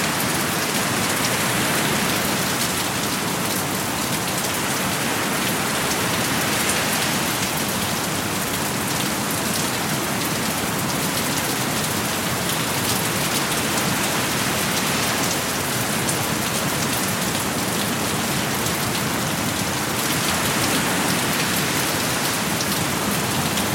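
Heavy rain pours down in a steady, dense hiss that never lets up over the whole stretch. Countless close drops patter on a surface, bright and crackling on top with a soft rumble underneath, and the loudness holds level throughout.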